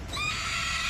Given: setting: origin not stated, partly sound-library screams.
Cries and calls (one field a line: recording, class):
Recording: one-second piece from a danger detection set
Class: woman in danger